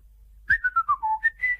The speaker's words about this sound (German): So, das... hat nichts mit Obst zu tun, sondern es ist ein kleines Vogellied.